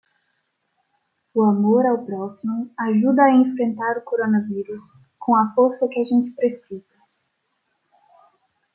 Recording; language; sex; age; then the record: spoken sentence; Brazilian Portuguese; female; 20 to 29 years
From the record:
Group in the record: control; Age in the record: 23 years